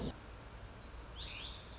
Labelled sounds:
Lazuli Bunting
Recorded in Sonoma County, California

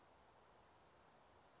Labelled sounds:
Western Flycatcher
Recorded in Sonoma County, California

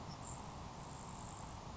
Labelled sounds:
Grasshopper Sparrow
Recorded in Sonoma County, California

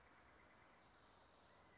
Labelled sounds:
California Quail
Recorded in Sonoma County, California

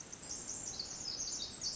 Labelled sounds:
Pacific Wren
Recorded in Sonoma County, California

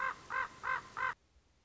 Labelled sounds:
Common Raven
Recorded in Sonoma County, California

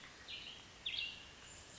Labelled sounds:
Cassin's Vireo
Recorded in Sonoma County, California

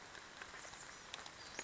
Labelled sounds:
Western Flycatcher
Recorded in Sonoma County, California

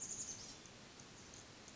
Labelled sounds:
Chestnut-backed Chickadee
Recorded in Sonoma County, California

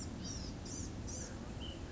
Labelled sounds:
Blue-gray Gnatcatcher
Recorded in Sonoma County, California

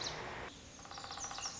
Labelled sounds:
Lazuli Bunting
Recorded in Sonoma County, California

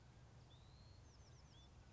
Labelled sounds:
Bewick's Wren
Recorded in Sonoma County, California

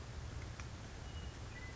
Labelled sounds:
Western Meadowlark
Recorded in Sonoma County, California

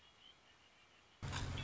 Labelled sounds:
Red-winged Blackbird
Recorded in Sonoma County, California

